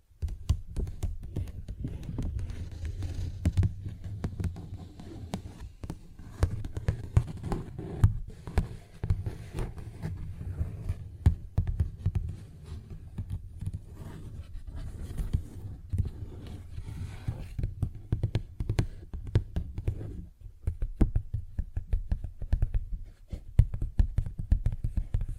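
Paper bag being tapped and scratched, a dense run of quick dry ticks and rustles over a low rumble, with a brief pause near twenty seconds.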